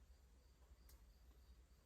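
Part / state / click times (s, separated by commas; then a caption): spark plug wire boot onto spark plug / not seated / none. A spark plug wire boot on a 1967 Mustang, its metal conductor just fixed, is handled as it is brought back down onto the spark plug. A low steady hum runs throughout with a faint brief hiss near 0.9 s. Nothing has seated or clicked yet.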